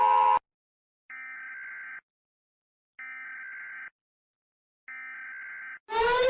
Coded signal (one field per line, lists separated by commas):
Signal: Emergency Alert System (SAME) tones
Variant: header bursts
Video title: desmitiendo alarmas de los terrritorios britanicos #eas